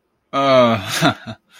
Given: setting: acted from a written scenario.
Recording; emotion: vocal sound without words; embarrassment